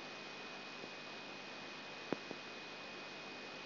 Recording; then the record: brain microelectrode recording played as sound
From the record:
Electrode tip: outside the subthalamic nucleus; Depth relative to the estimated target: -4 mm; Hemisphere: left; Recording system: AlphaMap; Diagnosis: Parkinson's disease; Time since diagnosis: 12 years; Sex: female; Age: 47 years